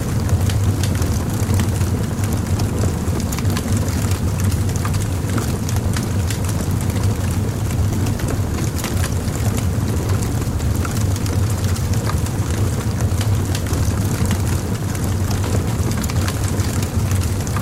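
A bonfire crackles steadily for the whole stretch, with dense, quick snaps and pops scattered through the brighter range. Underneath runs a constant low, rumbling roar that never changes, keeping the sound full without any pauses.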